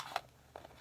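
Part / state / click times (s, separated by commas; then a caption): plastic cup lid/stamp piece into washi tape cup body / not seated / none. A plastic lid and stamp piece is handled against the body of a plastic Starbucks washi tape cup and stamp holder, with a short sharp tap at 0.2 s and softer muffled knocks near 0.6 s and 0.8 s. No one talks. Nothing has seated or clicked into place yet.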